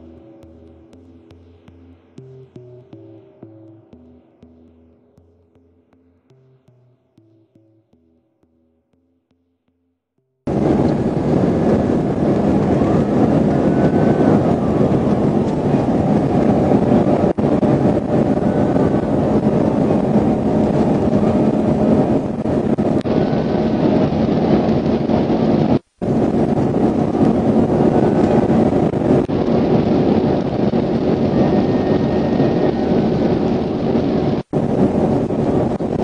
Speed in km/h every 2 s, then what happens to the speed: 150, 159, 163, 167, 172, 175, 177, 180, 185, 187, 190, 192, 195, 196, 198, 200, 201, 201.
0-36 speeds up to 201.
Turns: none.